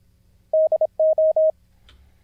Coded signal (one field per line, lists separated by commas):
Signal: Morse code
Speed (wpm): 26 wpm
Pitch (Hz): 630 Hz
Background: none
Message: DO